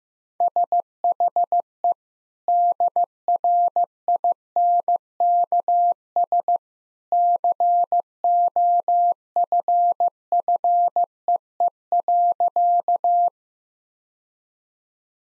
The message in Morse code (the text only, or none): SHE DRINKS COFFEE.